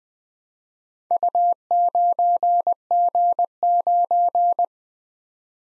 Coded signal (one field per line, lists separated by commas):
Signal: Morse code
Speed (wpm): 20 wpm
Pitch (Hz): 700 Hz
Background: none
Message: U9G9